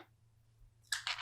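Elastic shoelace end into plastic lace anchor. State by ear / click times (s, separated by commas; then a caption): seated / 0.9 s, 1.1 s. The toothed end of an elastic XPand no-tie shoelace is pulled over the front of a plastic lace anchor and pressed down, clicking into the anchor's C-shaped wings and locking over the top. After near silence with a faint low hum, two sharp, bright clicks sound at 0.9 s and 1.1 s. The lace end is seated in the anchor.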